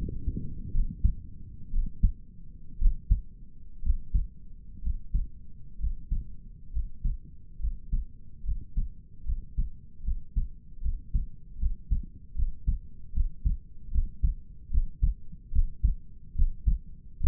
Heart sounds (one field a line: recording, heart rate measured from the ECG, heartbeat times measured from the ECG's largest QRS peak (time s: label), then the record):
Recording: heart sounds by stethoscope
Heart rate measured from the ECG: 69 bpm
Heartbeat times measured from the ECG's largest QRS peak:
0.73 s: heartbeat
1.73 s: heartbeat
2.80 s: heartbeat
3.83 s: heartbeat
4.83 s: heartbeat
5.79 s: heartbeat
6.72 s: heartbeat
7.60 s: heartbeat
8.44 s: heartbeat
9.25 s: heartbeat
10.04 s: heartbeat
10.82 s: heartbeat
11.59 s: heartbeat
12.35 s: heartbeat
13.13 s: heartbeat
13.92 s: heartbeat
14.71 s: heartbeat
15.52 s: heartbeat
16.36 s: heartbeat
17.21 s: heartbeat
From the record:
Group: healthy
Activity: breath hold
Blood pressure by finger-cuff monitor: 86/59 mmHg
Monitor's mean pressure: 68 mmHg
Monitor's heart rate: 75 bpm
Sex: male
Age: 22 years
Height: 181 cm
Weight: 79 kg